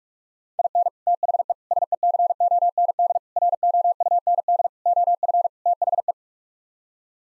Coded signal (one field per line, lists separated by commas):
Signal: Morse code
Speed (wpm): 46 wpm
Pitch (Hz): 700 Hz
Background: none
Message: IN THE SECOND ROUND OF THE